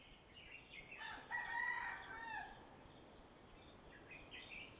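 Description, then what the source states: Rooster crowing, one drawn-out harmonic crow, with small birds chirping and a steady insect hiss behind. Rooster heard at sunrise in the morning from a bamboo hut on Neil Island, Andaman, India, with birds in the background.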